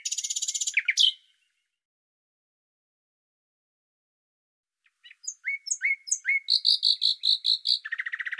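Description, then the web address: Bird song: a dense buzzy trill, silence, then downslurred whistles followed by a quick series of ringing high notes and a closing buzz. "Deverinetal 2025"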